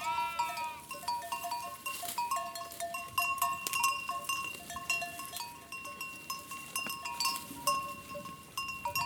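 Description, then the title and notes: Sheep bleat once at the start, a wavering harmonic call, then many clinking bells ring steadily through the rest of the flock sounds. A flock of sheep at Coleja, Portugal, along the Douro River, recorded for a sound map of the river. "Rebanho de ovelhas, Coleja, Portugal. Mapa Sonoro do rio Douro. Sheeps herd in Coleja, Portugal. Douro River Sound Map"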